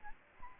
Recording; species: mosquito wingbeat signal from an infrared sensor; Aedes albopictus